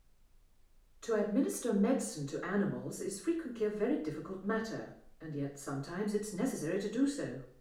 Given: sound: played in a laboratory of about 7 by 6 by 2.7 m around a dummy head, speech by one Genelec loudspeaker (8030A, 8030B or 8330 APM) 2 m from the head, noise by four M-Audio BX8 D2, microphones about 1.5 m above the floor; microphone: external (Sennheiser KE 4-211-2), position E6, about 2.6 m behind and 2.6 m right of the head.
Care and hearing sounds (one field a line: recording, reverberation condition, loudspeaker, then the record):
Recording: female speech in English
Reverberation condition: medium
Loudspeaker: 60 degrees to the left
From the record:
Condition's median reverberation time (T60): about 510 ms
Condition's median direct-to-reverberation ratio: about -0.5 dB